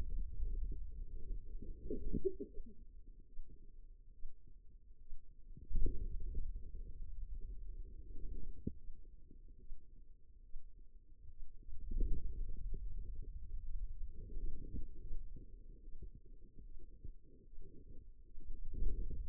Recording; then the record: forearm muscle sounds (acoustic myography)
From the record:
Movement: pen grasping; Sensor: system 2, bracelet of six BSWA MPA416 microphones around the upper forearm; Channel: 3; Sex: female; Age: 25 years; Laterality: right